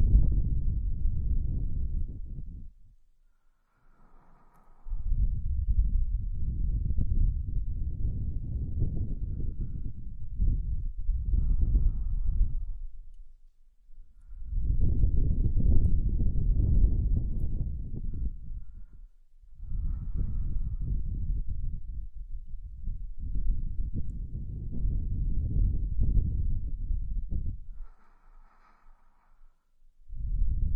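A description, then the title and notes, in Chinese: Slow, soft breaths blown out in long, even puffs, each lasting several seconds, with brief quiet gaps between them. The sound is low and airy. Faint higher whistly tones appear in a few of the pauses, around 4, 12 and 28 seconds. 舒缓吹气，睡眠呼吸。这就是一个再正常不过的呼吸、吹气声。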